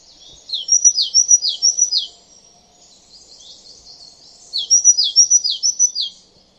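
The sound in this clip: Great tit giving two bursts of rapid, high, downward-sweeping notes, each about a second and a half long, separated by a quieter pause with faint notes.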